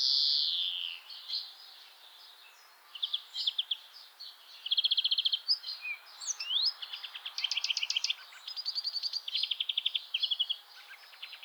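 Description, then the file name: European greenfinch song opening with a harsh buzzy wheeze, then a long sequence of quick trills and twittering notes at varying pitches. "Chloris chloris"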